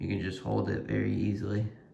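A specialty implement on a multitool is handled while someone talks steadily over it; the implement is meant to swing open and lock into the multitool frame with a small black plastic locking tab. No distinct click is heard, and nothing has seated or locked yet.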